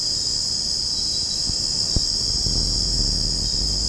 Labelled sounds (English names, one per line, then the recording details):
none
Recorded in secondary vegetation near Puerto Asís, Putumayo, Colombia, on 18 February 2024 at 04:00
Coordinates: 0.489, -76.322
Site G6419